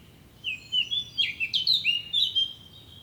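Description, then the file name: Eurasian blackcap singing a rapid, varied warble of clear whistled and twittering notes lasting just over two seconds, with a quiet background. "Sylvia atricapilla"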